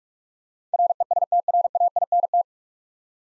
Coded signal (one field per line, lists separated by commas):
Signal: Morse code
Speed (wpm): 44 wpm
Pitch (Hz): 700 Hz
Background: none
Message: RESTRAINT